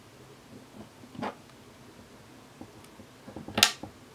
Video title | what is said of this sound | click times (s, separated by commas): [TUT] Seagate Expansion Desktop 5TB öffnen [Deutsch][2015] | da habt ihr Klacken gehört. | 3.6 s